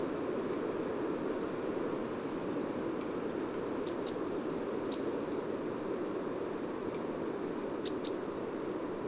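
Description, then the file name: Eurasian blue tit giving a few bouts of high thin notes, each ending in a rapid trill of short tinkling notes, about four seconds apart, over a low constant rumble. Recorded at Neudarss on 2 February 2013 at 09:53. "130202 ebtit-caeruleus 0953 h neudarss"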